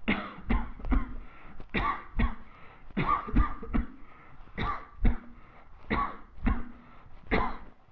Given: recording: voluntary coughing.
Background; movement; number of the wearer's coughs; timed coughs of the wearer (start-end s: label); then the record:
quiet; walking; 13
0.05-0.47 s: cough
0.47-0.76 s: cough
0.89-1.21 s: cough
1.71-2.07 s: cough
2.16-2.39 s: cough
2.94-3.34 s: cough
3.34-3.72 s: cough
3.72-3.96 s: cough
4.55-4.90 s: cough
5.02-5.29 s: cough
5.88-6.23 s: cough
6.43-6.73 s: cough
7.28-7.66 s: cough
From the record:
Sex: male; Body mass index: 22.0 kg/m2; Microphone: on the chest, facing the body